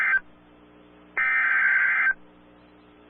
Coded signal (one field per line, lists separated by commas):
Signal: Emergency Alert System (SAME) tones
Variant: header bursts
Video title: A plethora in the plains EAS compilation part 2, EAS alerts 94-100!!!